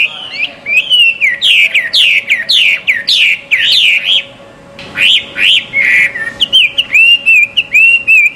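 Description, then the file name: Chinese hwamei song: loud, bright whistled notes repeated in rapid runs, each sweeping down, a short pause, then further whistled phrases over a low hum. Recorded at a bird gathering. "audio gathering hwamei. omkicau"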